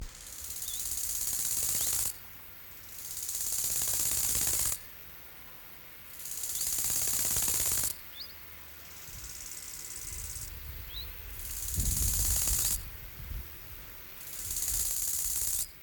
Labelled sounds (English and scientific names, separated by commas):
Bow-winged Grasshopper (Chorthippus biguttulus) stridulation